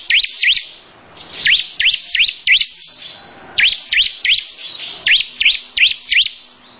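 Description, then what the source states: Lovebird giving short runs of two to five piercing chirps, with brief silent gaps between runs. Long "ngekek" song.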